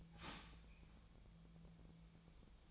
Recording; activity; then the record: daily activity, microphone in the room; start toaster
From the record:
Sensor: 1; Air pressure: 1009.4 hPa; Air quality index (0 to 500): 196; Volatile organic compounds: 19 ppm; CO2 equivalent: 2672 ppm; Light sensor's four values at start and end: 28/72/30/35 and 28/71/30/35